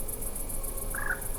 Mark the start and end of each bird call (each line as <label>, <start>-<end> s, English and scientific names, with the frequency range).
Common Moorhen (Gallinula chloropus) (0.9-2.0 kHz), 0.94-1.14 s